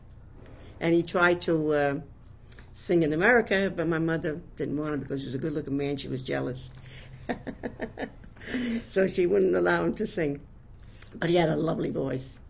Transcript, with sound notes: And he tried tossing in America, but my mother didn't want him, because he was a good-looking man. She was jealous. ( she laughs ) So she wouldn't allow him to sing. But he had a lovely voice.